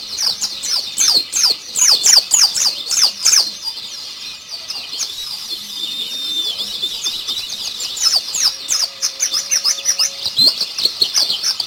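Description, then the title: White-eye song: fast high twittering phrases, a softer thin stretch in the middle, then more rapid chattering bursts. White-eye (pleci) called Mr. Kebo; Malang, East Java. "Pleci Mr. Kebo Malang - Jawa Timur"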